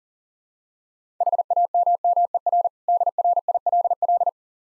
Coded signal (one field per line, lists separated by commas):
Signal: Morse code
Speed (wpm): 37 wpm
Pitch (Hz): 700 Hz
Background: none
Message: HAMMER DRILL